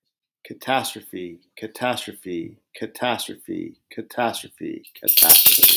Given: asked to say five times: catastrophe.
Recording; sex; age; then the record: repeated word; male; 40 to 49 years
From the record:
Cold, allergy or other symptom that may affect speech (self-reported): no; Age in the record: 45 years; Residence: Virginia, United States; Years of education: 16